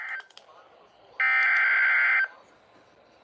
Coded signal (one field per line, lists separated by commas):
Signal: Emergency Alert System (SAME) tones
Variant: header bursts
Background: speech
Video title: EAS Severe Thunderstorm Warning (From LWX) 6/28/25 (Credit Goes To @SouthernPennsylvaniaWX)